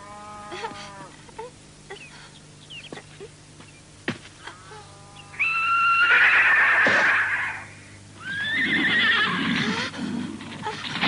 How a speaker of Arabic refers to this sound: ماذا؟ حصان متوحش؟